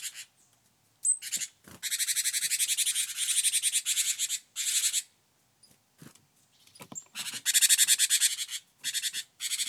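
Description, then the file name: Great tit scolding churrs, long harsh buzzy bursts delivered almost continuously, broken by brief pauses and a few clicks. "Parus major"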